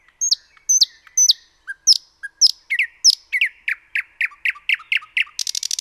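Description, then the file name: Common nightingale song: sharp downslurred whistled notes repeated, speeding up into an accelerating series and ending in a dry buzzy rattle. "Luscinia megarhynchos"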